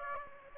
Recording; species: mosquito wingbeat signal from an infrared sensor; Aedes aegypti